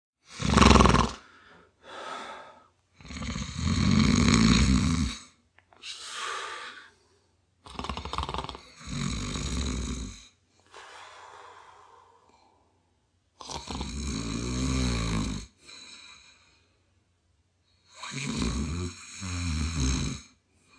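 About ten rough, low rattling snore bursts in 20 seconds, uneven in length and spacing. Longer rumbling inhalations alternate with short snorts and quieter breaths. Long snore sound effect.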